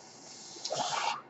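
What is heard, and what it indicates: Brief hissing puff of air over steady background hiss, the sound of a home mechanical ventilator delivering a breath.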